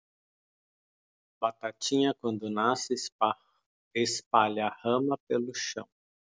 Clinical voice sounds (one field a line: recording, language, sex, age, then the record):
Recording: short text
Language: Brazilian Portuguese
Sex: male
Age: 40 to 49 years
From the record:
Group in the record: control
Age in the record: 44 years